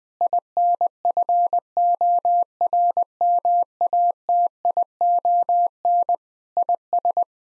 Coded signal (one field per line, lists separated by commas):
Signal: Morse code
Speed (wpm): 20 wpm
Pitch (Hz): 700 Hz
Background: none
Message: INFORMATION IS